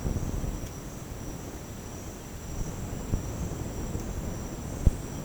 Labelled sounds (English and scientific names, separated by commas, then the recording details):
none
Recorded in secondary vegetation near Puerto Asís, Putumayo, Colombia, on 19 March 2025 at 08:30
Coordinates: 0.481, -76.318
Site G097